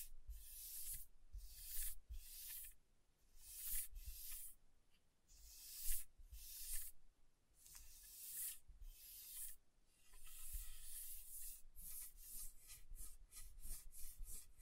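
Rough scratching across a table surface in repeated bright, hissy strokes about once a second, with faster, denser rubbing after ten seconds.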